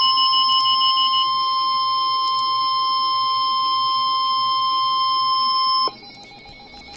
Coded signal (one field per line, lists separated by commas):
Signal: Emergency Alert System (SAME) tones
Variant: 1050 Hz attention tone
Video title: NOAA - Severe Thunderstorm Warning (EAS #668)